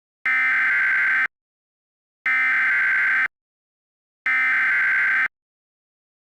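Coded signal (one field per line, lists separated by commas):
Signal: Emergency Alert System (SAME) tones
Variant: header bursts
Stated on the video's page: Fictional mock tornado warning using American EAS tones, set outside America.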